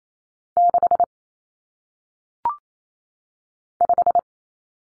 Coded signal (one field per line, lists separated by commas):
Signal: Morse code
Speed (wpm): 28 wpm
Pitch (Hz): 700 Hz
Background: none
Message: 6 5